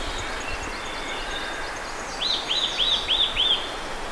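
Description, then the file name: Eurasian nuthatch calls, a rapid series of five ringing arched notes following faint, higher twitters, over constant low noise. "Sitta europaea"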